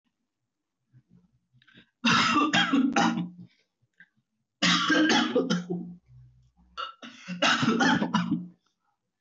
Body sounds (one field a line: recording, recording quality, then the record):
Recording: heavy voluntary cough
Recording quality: excellent, no background noise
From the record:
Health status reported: healthy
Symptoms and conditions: cold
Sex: male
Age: 26 years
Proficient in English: yes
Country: India